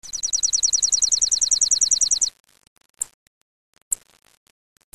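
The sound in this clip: Bird calls: a fast, high trill of many sharp notes lasting about two seconds, followed by three separate thin, high chip notes roughly a second apart.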